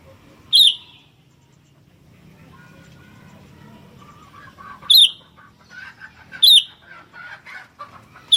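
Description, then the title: Sooty-headed bulbul calls: four sharp, bright notes spaced unevenly, with soft chattering in the background. "kutilang"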